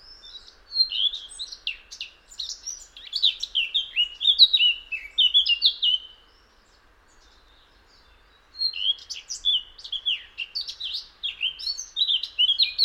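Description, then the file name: Eurasian blackcap song: a lively warbling stream of mixed whistles and chirps, a silent gap of about two and a half seconds, then more fast warbling. "Sylvia atricapilla"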